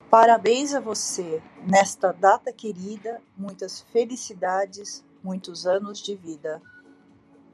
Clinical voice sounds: short text; Brazilian Portuguese; female; 50 to 59 years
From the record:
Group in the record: control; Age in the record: 51 years

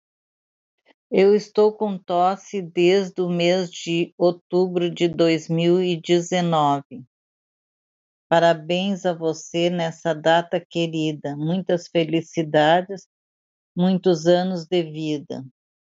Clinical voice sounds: short text; Brazilian Portuguese; female; 70 to 79 years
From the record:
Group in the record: control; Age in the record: 75 years

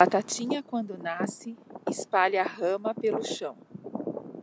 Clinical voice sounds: short text; Brazilian Portuguese; female; 50 to 59 years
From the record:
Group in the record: control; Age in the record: 50 years

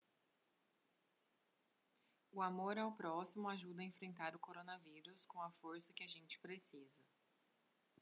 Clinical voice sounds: spoken sentence; Brazilian Portuguese; female; 20 to 29 years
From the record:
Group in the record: control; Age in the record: 24 years

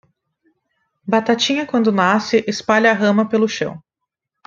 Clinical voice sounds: short text; Brazilian Portuguese; female; 20 to 29 years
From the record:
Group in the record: control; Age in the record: 22 years

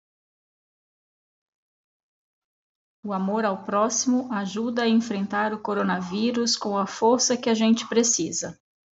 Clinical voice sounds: spoken sentence; Brazilian Portuguese; female; 40 to 49 years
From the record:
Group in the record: control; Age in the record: 44 years

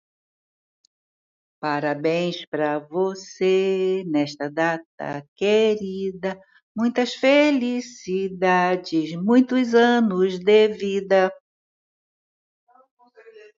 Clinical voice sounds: short text; Brazilian Portuguese; female; 80 to 89 years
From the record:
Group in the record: control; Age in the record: 84 years

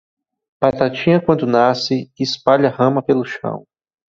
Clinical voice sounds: short text; Brazilian Portuguese; male; 40 to 49 years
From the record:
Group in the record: control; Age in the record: 46 years

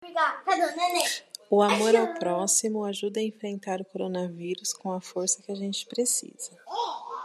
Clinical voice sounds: spoken sentence; Brazilian Portuguese; female; 30 to 39 years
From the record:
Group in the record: control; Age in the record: 31 years

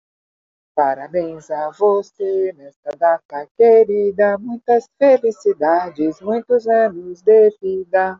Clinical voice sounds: short text; Brazilian Portuguese; female; 60 to 69 years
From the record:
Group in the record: control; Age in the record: 62 years

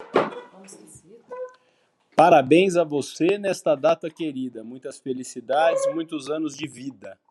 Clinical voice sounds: short text; Brazilian Portuguese; male; 40 to 49 years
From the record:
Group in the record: control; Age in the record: 42 years

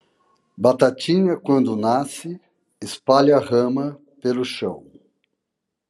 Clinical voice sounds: short text; Brazilian Portuguese; male; 60 to 69 years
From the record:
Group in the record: control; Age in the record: 65 years

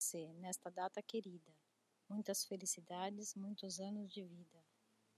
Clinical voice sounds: short text; Brazilian Portuguese; female; 40 to 49 years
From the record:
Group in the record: control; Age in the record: 46 years

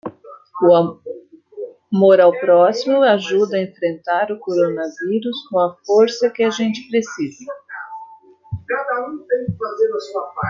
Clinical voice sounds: spoken sentence; Brazilian Portuguese; female; 50 to 59 years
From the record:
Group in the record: control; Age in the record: 55 years

